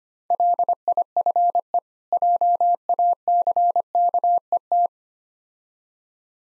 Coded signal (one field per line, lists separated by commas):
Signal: Morse code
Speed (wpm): 25 wpm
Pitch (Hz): 700 Hz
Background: none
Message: LIFE JACKET